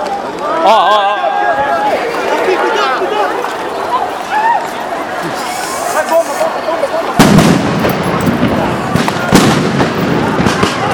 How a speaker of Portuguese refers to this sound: Mais bomba, tiro de bala de borracha.